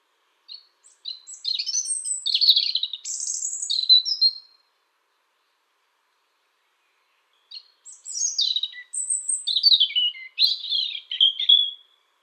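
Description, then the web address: European robin song in two rich phrases of high twittering, trilled and whistled notes, separated by about three seconds of silence. "Schulze Peter European Robin song"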